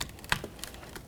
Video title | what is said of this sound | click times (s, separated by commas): How to Replace Front Window Regulator Assemblies 2003-2007 Honda Accord | Get a nice click from that one. | 0.3 s